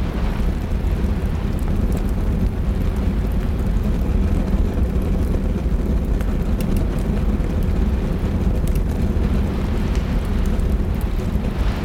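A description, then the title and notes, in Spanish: Rain beats steadily on the windows in a dense, unbroken wash, heavy with low rumbling that stays constant throughout. Faint crackles and ticks flicker through the upper range at irregular moments, especially around the middle and end. Ático Acogedor en una Tormenta. Sonidos de Lluvia y Chisporroteo de la Chimenea. El crepitar vivaz de la chimenea ilumina la habitación con un resplandor cálido que danza a través de las sombras. Afuera, la lluvia golpea contra las ventanas, su ritmo incansable se suma a la sinfonía tranquilizadora del ático.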